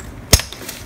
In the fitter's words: and push it on into you hear it click and then you're going to give it a pull and make sure that it's not going to pop back off now